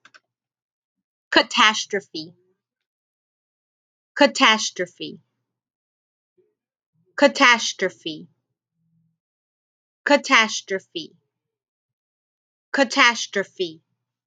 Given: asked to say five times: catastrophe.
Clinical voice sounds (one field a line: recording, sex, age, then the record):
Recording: repeated word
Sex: female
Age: 30 to 39 years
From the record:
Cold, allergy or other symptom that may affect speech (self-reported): no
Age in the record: 37 years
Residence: Louisiana, United States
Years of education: 16